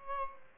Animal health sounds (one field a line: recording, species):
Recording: mosquito wingbeat signal from an infrared sensor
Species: Aedes albopictus